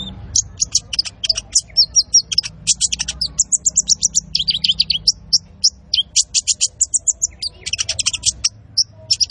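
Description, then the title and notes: Van Hasselt's sunbird giving a long, almost continuous series of high, piercing chip notes and short twittering slurs at a rapid pace. Masteran training recording for cage birds, also used as a lure; full song with fills (isian) and rapid bursts (tembakan); bird singing vigorously (gacor). "MASTERAN KOLIBRI NINJA FULL ISIAN DAN TEMBAKAN COCOK BUAT PANCINGAN. Suara Burung Kolibri Ninja Gacor"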